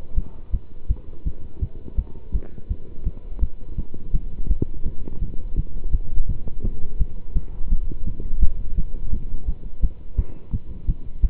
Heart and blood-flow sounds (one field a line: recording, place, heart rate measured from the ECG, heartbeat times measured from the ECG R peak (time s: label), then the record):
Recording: heart sounds by stethoscope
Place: between the tricuspid and mitral areas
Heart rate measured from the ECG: 168 bpm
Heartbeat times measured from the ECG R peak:
0.15 s: heartbeat
0.51 s: heartbeat
0.88 s: heartbeat
1.24 s: heartbeat
1.60 s: heartbeat
1.96 s: heartbeat
2.32 s: heartbeat
2.68 s: heartbeat
3.04 s: heartbeat
3.40 s: heartbeat
3.76 s: heartbeat
4.12 s: heartbeat
4.48 s: heartbeat
4.84 s: heartbeat
5.20 s: heartbeat
5.55 s: heartbeat
5.91 s: heartbeat
6.27 s: heartbeat
6.62 s: heartbeat
6.98 s: heartbeat
7.33 s: heartbeat
7.69 s: heartbeat
8.04 s: heartbeat
8.39 s: heartbeat
8.76 s: heartbeat
9.11 s: heartbeat
9.46 s: heartbeat
9.81 s: heartbeat
10.16 s: heartbeat
10.51 s: heartbeat
10.86 s: heartbeat
11.21 s: heartbeat
From the record:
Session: pedaling a stationary bicycle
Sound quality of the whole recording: good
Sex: male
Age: 27 years